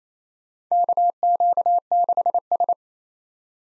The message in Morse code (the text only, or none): KQ6S